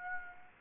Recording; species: mosquito wingbeat signal from an infrared sensor; Aedes aegypti